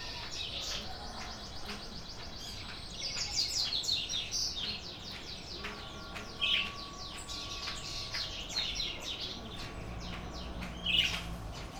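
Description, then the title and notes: Birds chirping in a busy high chorus, with scattered louder single chirps standing out. Birds singing at a neighbour's house; Brazil, 9 June 2017, 06:00; recorded on a Sony PCM-D50 handheld recorder, stereo. "Pássaros cantando na casa do vizinho, carro passando. Data: 09/06/2017 Horário: 06:00 Som captado por: Hanna Vasconcelos"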